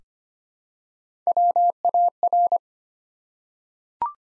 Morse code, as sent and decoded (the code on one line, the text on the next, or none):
.-- .- .-.
WAR